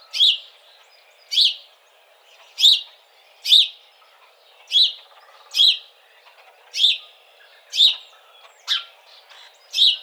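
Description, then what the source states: House sparrow giving a persistent string of many loud, sharp chirps. Recorded 17 March 2007.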